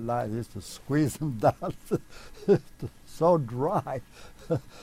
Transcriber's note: chuckles